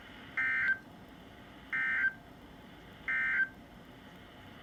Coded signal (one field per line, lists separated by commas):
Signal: Emergency Alert System (SAME) tones